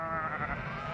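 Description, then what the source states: Sheep bleating, one sustained wavering bleat rich in harmonics that fills the whole second, with faint low background rumble. Recorded from a herd of sheep.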